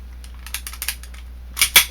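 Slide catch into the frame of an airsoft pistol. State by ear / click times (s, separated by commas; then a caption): seated / 1.6 s, 1.8 s. The slide catch (slide stop) is slid into the frame of an airsoft 5.1 Hi-Capa pistol without moving the slide back, held by a detent pin. A few light ticks sound around 0.5–0.9 s, then two sharp clicks at 1.6 s and 1.8 s as the catch pops into place. It is seated and won't fall out.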